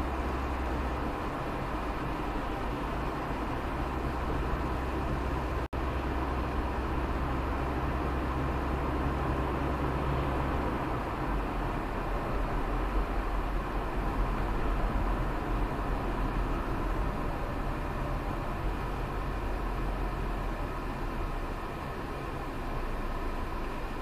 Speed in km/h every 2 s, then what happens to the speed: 46, 44, 44, 44, 45, 44, 39, 37, 30, 22, 16, 10.
0-10 steady at about 44. 10-24 slows to 10.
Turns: none.